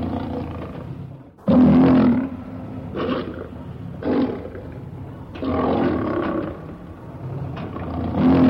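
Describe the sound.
Lion producing a loud, gravelly roar, then several shorter grunting roars at uneven intervals, ending with another strong roar.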